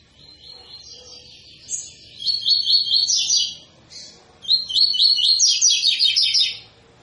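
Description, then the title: Double-collared seedeater song: two bursts of fast, buzzy, high repeated notes, the second longer, after a quieter twittering opening. Tui-tui style song of a bird with strong vigour, used as a teaching song for young birds. "COLEIRO TUI TUI FIBRA"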